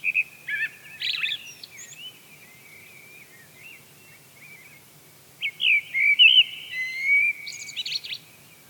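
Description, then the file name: Eurasian blackbird singing fluty, looping phrases, a softer broken phrase early on, then a fuller warble near five and a half seconds finishing in high scratchy notes. "Turdus merula"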